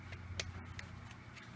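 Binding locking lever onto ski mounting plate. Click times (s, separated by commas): 0.4 s, 0.8 s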